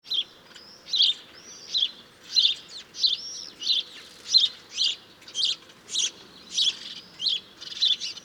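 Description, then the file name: House sparrow chirping, many short bright chirps in a steady series over low background noise. "Passer domesticus"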